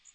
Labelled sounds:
Magnolia Warbler (Setophaga magnolia) flight call

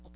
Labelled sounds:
Hooded Warbler (Setophaga citrina) flight call

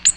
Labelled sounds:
Ovenbird (Seiurus aurocapilla) flight call

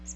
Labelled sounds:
Magnolia Warbler (Setophaga magnolia) flight call

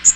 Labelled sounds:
Magnolia Warbler (Setophaga magnolia) flight call

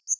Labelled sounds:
Northern Waterthrush (Parkesia noveboracensis) flight call

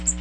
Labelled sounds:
Magnolia Warbler (Setophaga magnolia) flight call

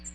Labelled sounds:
American Redstart (Setophaga ruticilla) flight call

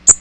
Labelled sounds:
Magnolia Warbler (Setophaga magnolia) flight call

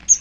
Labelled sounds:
Magnolia Warbler (Setophaga magnolia) flight call

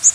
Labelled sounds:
Blue-winged Warbler (Vermivora cyanoptera) flight call

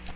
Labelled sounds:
Magnolia Warbler (Setophaga magnolia) flight call

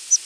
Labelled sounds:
Palm Warbler (Setophaga palmarum) flight call

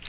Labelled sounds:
Palm Warbler (Setophaga palmarum) flight call

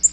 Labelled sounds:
Black-throated Green Warbler (Setophaga virens) flight call

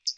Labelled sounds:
Hooded Warbler (Setophaga citrina) flight call

